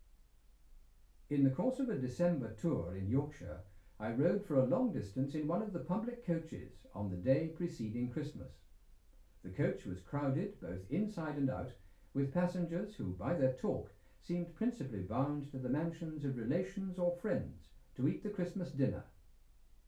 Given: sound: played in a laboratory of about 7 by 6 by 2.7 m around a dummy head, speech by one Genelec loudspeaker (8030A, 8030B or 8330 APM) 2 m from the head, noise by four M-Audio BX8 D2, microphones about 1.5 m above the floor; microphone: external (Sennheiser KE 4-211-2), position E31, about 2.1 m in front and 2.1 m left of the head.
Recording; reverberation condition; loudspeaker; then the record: male speech in English; low; 30 degrees to the left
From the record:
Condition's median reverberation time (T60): about 310 ms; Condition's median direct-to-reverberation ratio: about 3.5 dB